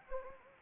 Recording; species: mosquito wingbeat signal from an infrared sensor; Anopheles gambiae